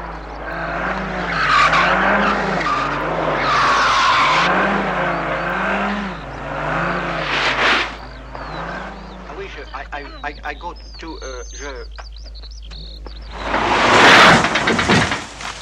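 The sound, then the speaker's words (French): Tires squeal in long wavering skids for several seconds in a huge on-screen multi-car accident, then a few brief chirps of birds follow before a loud, harsh crash of colliding cars bursts out near the end. “le contraste, on l'entend, entre le choc des voitures et puis les oiseaux qui pépient”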